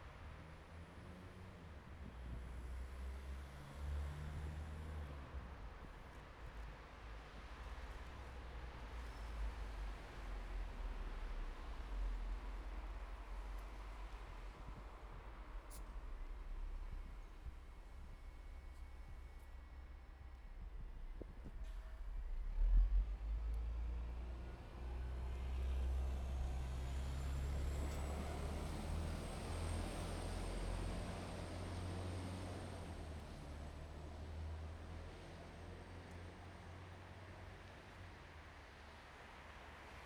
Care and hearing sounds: everyday scene through a hearing-aid microphone; in traffic; traffic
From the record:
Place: bus stop on a city main road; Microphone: behind the ear, right, rear

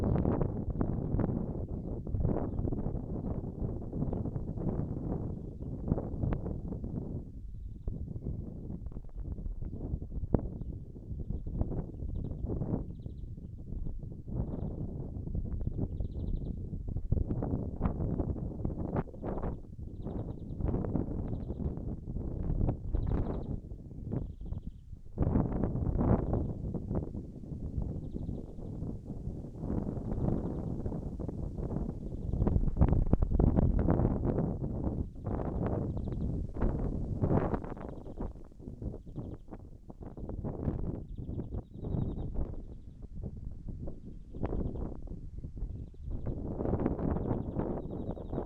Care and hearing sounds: everyday scene through a hearing-aid microphone; wind on the microphone; wind, birds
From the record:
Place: in front of a rural house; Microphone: behind the ear, right, front

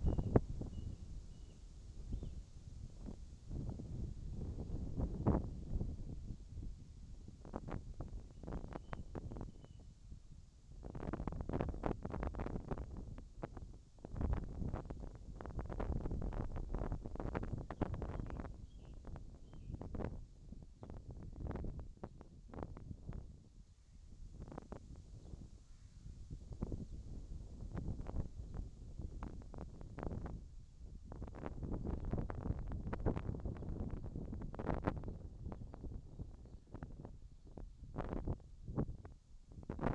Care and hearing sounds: everyday scene through a hearing-aid microphone; wind on the microphone; wind, whistling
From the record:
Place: in front of a rural house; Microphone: in the ear canal, left

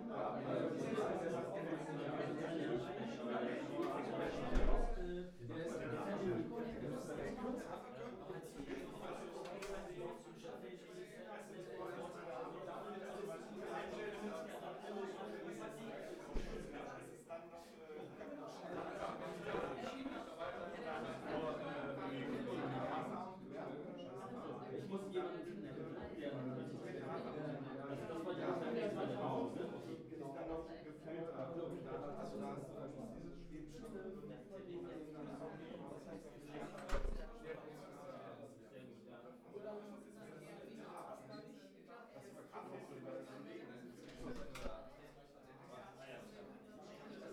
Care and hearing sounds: everyday scene through a hearing-aid microphone; many people talking; many voices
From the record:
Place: bistro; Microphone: behind the ear, right, front

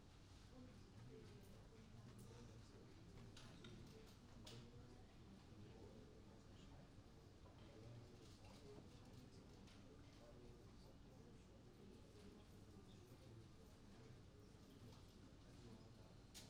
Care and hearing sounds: everyday scene through a hearing-aid microphone; many people talking; many voices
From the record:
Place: university cafeteria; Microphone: in the ear canal, right

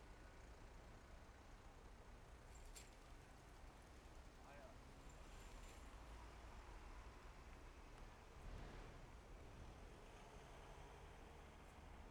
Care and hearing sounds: everyday scene through a hearing-aid microphone; in traffic; traffic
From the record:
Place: main road on the outskirts, rush hour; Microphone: behind the ear, left, rear

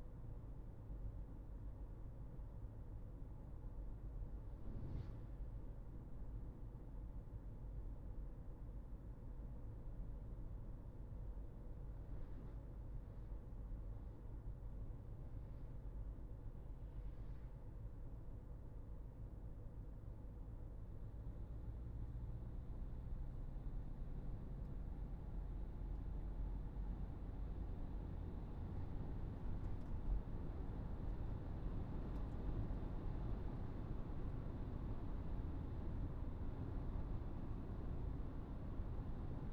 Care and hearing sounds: everyday scene through a hearing-aid microphone; in a vehicle; engine, traffic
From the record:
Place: Berlingo II, diesel engine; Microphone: behind the ear, right, front

